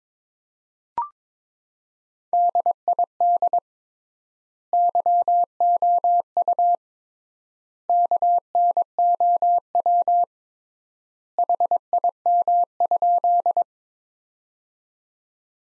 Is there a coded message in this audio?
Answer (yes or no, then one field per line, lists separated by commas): yes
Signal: Morse code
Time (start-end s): 2.3-13.6 s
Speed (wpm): 22 wpm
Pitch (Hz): 700 Hz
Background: none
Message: DID YOU KNOW HIM?